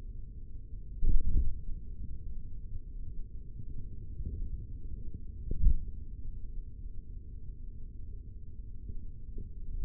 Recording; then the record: forearm muscle sounds (acoustic myography)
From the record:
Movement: tripod grip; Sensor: system 3, bracelet of six PUI Audio POM-2738L microphones around the upper forearm, with dedicated amplification and filtering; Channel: 4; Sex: male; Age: 56 years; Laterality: right